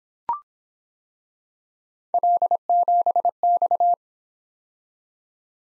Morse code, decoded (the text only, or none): L7X